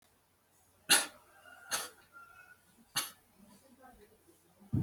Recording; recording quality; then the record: shallow voluntary cough; excellent, no background noise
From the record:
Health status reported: healthy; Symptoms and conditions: none ticked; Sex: male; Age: 27 years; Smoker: not ticked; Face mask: not worn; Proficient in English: yes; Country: India